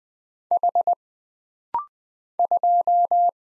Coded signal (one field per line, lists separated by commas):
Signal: Morse code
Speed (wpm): 20 wpm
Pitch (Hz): 700 Hz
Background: none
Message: H 2